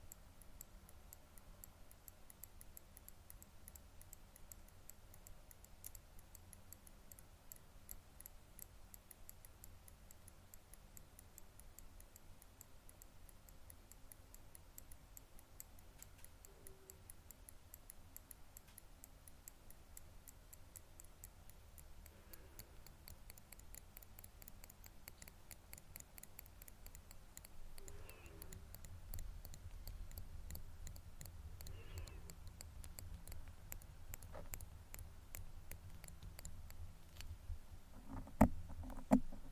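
Tweezers make small, dry ticking clicks that come in quick, fairly regular runs, like a clock or light typing. A low hum sits underneath throughout and swells after about 28 seconds, and the clicks grow a little louder toward the end, with a sharper snap near 38 seconds.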